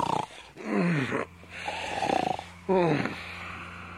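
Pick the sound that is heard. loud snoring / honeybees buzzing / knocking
loud snoring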